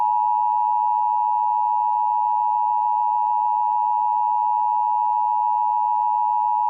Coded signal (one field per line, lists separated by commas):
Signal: Emergency Alert System (SAME) tones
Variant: 853 and 960 Hz attention tone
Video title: EAS Flash Flood Warning IL